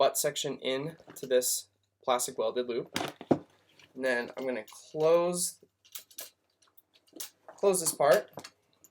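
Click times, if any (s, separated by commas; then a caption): none. A fly rod's butt section is placed into the welded plastic loop of a Fishpond Quikshot rod holder, and the plastic closure flap on the butt loop is handled as it is about to be flipped shut. Someone talks, with short handling taps and knocks around 6 to 7 seconds and near the end. The clip ends before the flap goes home, so nothing has seated or clicked yet.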